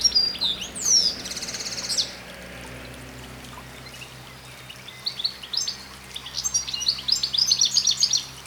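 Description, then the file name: European goldfinch twittering in bright high bursts at the start, falling quiet for a few seconds, then resuming with fast tinkling chatter and buzzy notes. "Carduelis carduelis"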